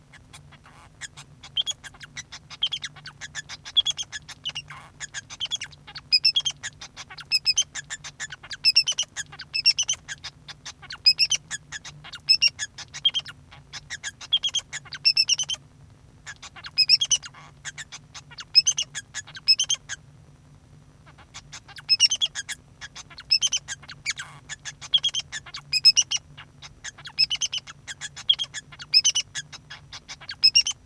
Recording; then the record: song of a male Bengalese finch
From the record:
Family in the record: son of father 2